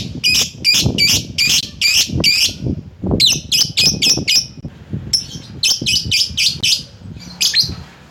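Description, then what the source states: Lovebird calls: fast series of loud shrill shrieks in runs of several, with short pauses between and low rustling underneath. Lovebird calling a rival.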